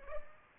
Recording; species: mosquito wingbeat signal from an infrared sensor; Culex pipiens